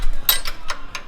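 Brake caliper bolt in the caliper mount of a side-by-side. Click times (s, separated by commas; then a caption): 0.3 s, 0.7 s, 0.9 s. A ratchet is worked on a jammed brake caliper bolt in the caliper mount of a CanAm Maverick X3 XRS side-by-side, giving sharp ratchet clicks at 0.3, 0.7 and 1.0 seconds. The bolt turns without coming out because it is stripped.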